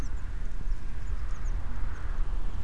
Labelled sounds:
Eurasian Blue Tit (Cyanistes caeruleus)
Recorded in Germany
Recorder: ecoPi

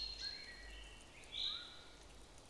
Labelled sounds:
Common Chaffinch (Fringilla coelebs)
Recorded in Germany
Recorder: ecoPi

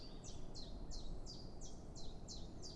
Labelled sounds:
Common Chiffchaff (Phylloscopus collybita)
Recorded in Germany
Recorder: ecoPi

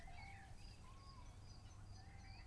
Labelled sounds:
Great Tit (Parus major)
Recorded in Germany
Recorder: ecoPi

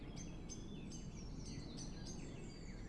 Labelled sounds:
Eurasian Blue Tit (Cyanistes caeruleus)
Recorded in Germany
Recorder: ecoPi

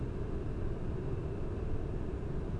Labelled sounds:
none
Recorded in Germany
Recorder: ecoPi

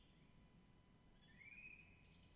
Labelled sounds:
Song Thrush (Turdus philomelos)
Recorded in Germany
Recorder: ecoPi

